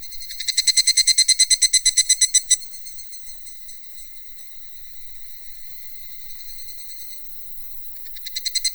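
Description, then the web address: Cicada calling with loud rapid pulsed buzzing for about two seconds, then settling into a softer steady drone before the pulsing swells again at the end. "sound cicadas-hi"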